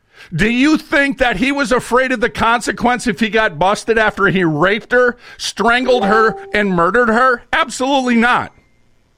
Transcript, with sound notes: Do you think that he was afraid of the consequence if he got busted after he raped her, strangled her (notification sound) , and murdered her? Absolutely not.